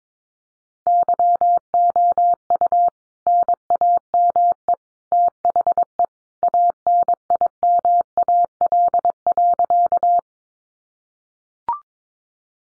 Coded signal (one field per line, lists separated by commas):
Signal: Morse code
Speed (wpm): 22 wpm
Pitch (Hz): 700 Hz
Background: none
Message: YOU NAME THE ANIMAL.